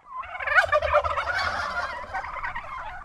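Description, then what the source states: Heritage turkeys gobbling: a loud rolling chorus of rapid, throaty gobbles from several birds, with the strongest burst early on before it tails off. Heritage turkeys on Frank Reese's small farm on a warm fall day, two weeks before Thanksgiving; only a few hundred birds left after the flock was sold for the season.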